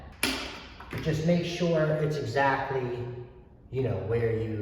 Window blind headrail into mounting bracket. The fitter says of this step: just push it in, and you should hear some kind of snap.